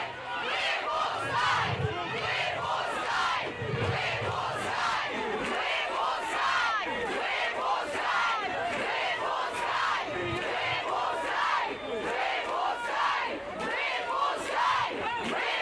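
A protest crowd in Belarus roars and chants continuously, many voices shouting together in dense, steady waves with rhythmic bursts throughout.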